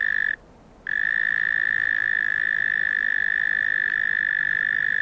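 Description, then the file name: Cricket trilling, a steady high continuous buzz broken by one short pause near the start, then resuming unchanged to the end. Australia. "INSECT AUS CRICKET"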